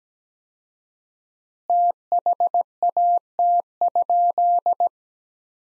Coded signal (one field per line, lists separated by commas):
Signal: Morse code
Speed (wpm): 17 wpm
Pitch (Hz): 700 Hz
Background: none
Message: THAT?